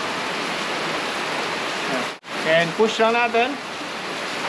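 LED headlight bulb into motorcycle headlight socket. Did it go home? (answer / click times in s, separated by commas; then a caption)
no / none. A rubber boot is fitted onto an LED headlight bulb, and the bulb is lined up with the headlight socket of a CAFE400 motorcycle before being pushed in. A steady broadband hiss runs throughout, briefly dropping out around 2.2 s, and then someone talks from about 2.4 to 3.5 s. Nothing has seated or clicked yet.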